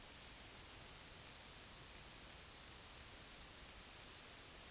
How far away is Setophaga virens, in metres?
about 30 m